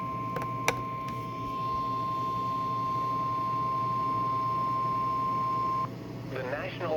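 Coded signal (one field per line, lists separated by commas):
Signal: Emergency Alert System (SAME) tones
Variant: 1050 Hz attention tone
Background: speech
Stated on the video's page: EAS tones from weather radio, a severe thunderstorm warning.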